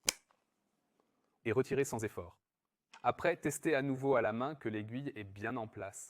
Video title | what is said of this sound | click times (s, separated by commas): Entretien et nettoyage des systèmes de pulvérisation de peinture - Service Einhell | Pousser jusqu'au clic | 0.1 s